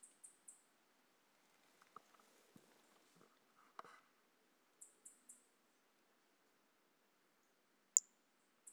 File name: Brachycephalus mirissimus 18 jan 2018 individual 04 ex 01 A E Confetti collected MHNCI 10795